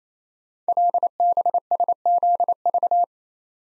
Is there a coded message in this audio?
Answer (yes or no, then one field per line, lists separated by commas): yes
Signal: Morse code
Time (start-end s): 0.7-3.0 s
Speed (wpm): 27 wpm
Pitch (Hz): 700 Hz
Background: none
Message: LBSZV